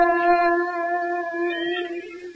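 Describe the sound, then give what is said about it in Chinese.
A human voice imitates a Japanese fox's howl, holding one long, steady, mid-pitched wavering note with a rich, buzzy tone for a couple of seconds, alone and fairly loud. “您听吧，还是只日本狐狸啊。”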